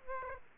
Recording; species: mosquito wingbeat signal from an infrared sensor; Aedes aegypti